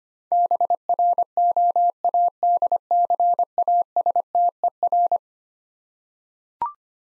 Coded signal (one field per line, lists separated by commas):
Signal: Morse code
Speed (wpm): 25 wpm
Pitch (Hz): 700 Hz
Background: none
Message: BROADCASTER